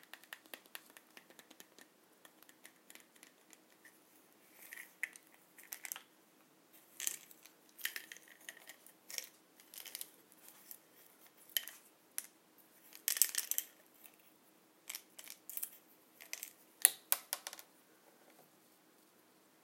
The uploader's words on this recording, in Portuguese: Sons de comprimidos.